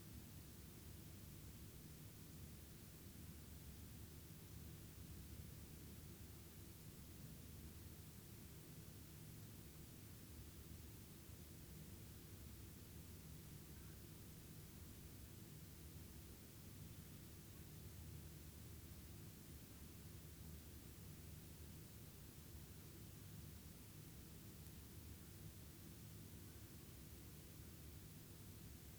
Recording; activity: daily activity, guitar pickup as the sensor; lie down